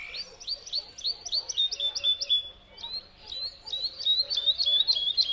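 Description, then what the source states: Bird song of rapid high chips, a short pause, then another burst of sharp repeated notes. Song delivered from a tree in the Spanish dehesas.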